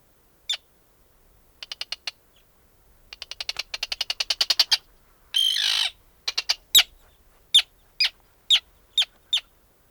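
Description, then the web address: Bird giving sharp, high clicking notes, single at first, then fast ticking rattles, with a brief harsh rasp in the middle and spaced clear chips after. Arctic. "birdsong 3 02. Arctic"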